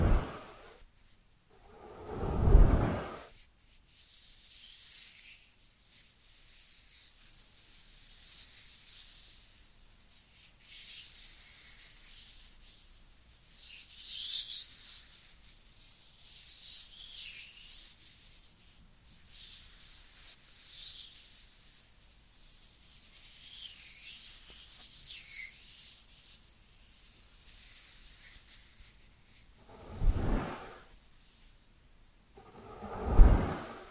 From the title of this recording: Dry Dry Dry Hand Sounds